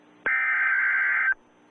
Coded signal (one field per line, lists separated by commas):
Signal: Emergency Alert System (SAME) tones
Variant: header bursts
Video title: EAS Scenario The Innocent REMAKE Part 2